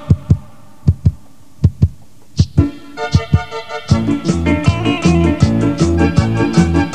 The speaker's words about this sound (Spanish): Escucha los latidos, mi vida. Está latiendo por tu amor.